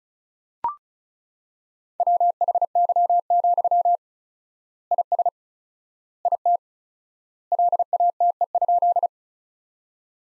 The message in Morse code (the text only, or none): WHY, IS IT LATE?